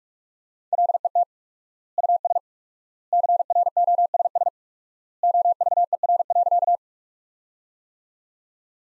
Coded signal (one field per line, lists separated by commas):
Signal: Morse code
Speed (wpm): 46 wpm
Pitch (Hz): 700 Hz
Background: none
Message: LET US CROSS OVER.